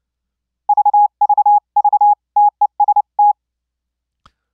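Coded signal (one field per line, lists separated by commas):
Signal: Morse code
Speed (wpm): 30 wpm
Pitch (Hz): 830 Hz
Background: none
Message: VVV TEST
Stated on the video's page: Pure sine wave software Morse practice oscillator gated by ZamGate, triggered by a CW keyer keying a 555 chip square-wave sidetone into a laptop mic jack.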